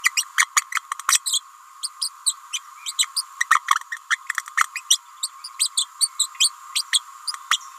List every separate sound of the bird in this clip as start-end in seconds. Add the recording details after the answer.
0.03-0.11, 0.16-0.24, 0.37-0.45, 0.56-0.63, 0.72-0.74, 1.08-1.20, 1.25-1.41, 1.83-1.89, 2.01-2.09, 2.26-2.33, 2.52-2.60, 2.85-2.93, 2.98-3.07, 3.16-3.23, 3.40-3.45, 3.50-3.60, 3.91-3.96, 4.10-4.17, 4.57-4.66, 4.90-4.97, 5.22-5.29, 5.44-5.49, 5.59-5.69, 5.77-5.86, 6.00-6.09, 6.19-6.27, 6.39-6.50, 6.75-6.83, 6.93-7.00, 7.50-7.60. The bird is a female. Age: 29 days. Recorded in a nest box in Venezuela. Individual 17B31A3